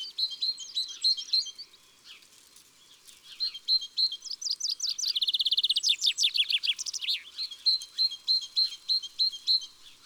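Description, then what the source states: Great Tit song, a bright two-note phrase repeated quickly at the start and end, interrupted by a loud rattling trill and descending flourish from another bird. Garden bird, heard in a garden-bird recognition exercise.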